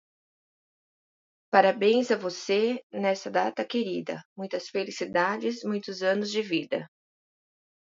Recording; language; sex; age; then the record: short text; Brazilian Portuguese; female; 50 to 59 years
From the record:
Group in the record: control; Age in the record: 53 years